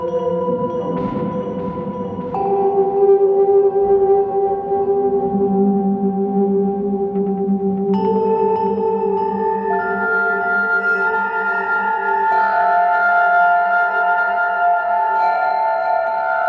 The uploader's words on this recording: A four-unit cycle of function generators all triggering each other in a circle(and playing sounds to go with them). The specific samples are some bronze bells and a Bao gong.